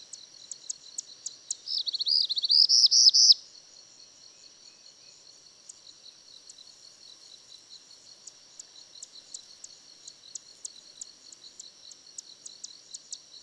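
Bird gives a single high, rapid phrase of slurred notes for under two seconds, surrounded by steady high-pitched background hiss and evenly spaced soft ticks.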